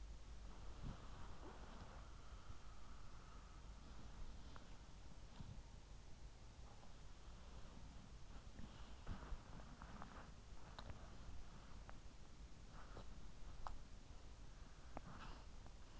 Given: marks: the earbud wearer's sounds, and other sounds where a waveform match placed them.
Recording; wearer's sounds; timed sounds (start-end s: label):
sounds in sleep by an in-ear microphone; body movement
0.00-4.10 s: body movement
8.10-16.00 s: body movement